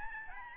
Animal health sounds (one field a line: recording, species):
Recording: mosquito wingbeat signal from an infrared sensor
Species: Aedes albopictus